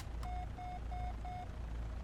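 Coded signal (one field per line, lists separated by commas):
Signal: none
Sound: flight sim cockpit beeps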